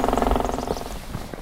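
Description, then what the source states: Northern Flicker drumming, a fast even roll of rapid knocks lasting under a second, then fading into faint scattered taps. Male drumming on a hollow branch or tree to establish a nesting territory and maybe attract a mate; heard in the distance, February morning after soft snow, Wheat Ridge Greenbelt along Clear Creek.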